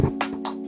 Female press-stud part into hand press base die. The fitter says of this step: That will snap into place.